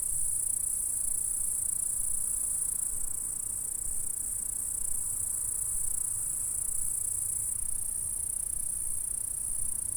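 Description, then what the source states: Insect stridulation forms an unbroken, shrill chorus that holds evenly throughout, with a low rumble underneath. Stridulation heard in a meadow at Saint-François-de-Sales, France, recorded on a Zoom H4 recorder.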